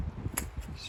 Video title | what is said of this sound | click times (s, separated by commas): How To Clean MAF Sensor (1st Gen Xterra) | hand there's the click all right so | 0.4 s